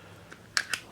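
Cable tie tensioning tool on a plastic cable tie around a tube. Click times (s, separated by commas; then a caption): 0.6 s. A cable tie tensioning tool pulls a plastic cable tie tight around a can standing in for a bike top tube, with its adjustable tension set on a back dial. After a faint tick near 0.3 s, a sharp, loud snap comes at 0.6 s, followed by a second crisp click at about 0.7 s. At the set tension, the tool cuts the tie's tail off flush.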